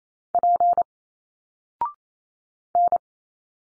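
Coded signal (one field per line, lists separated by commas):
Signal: Morse code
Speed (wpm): 28 wpm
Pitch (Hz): 700 Hz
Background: none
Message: P N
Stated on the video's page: Single-letter Morse drill at 28 wpm with a 0.6-second pause; each letter sent, spoken, then sent again.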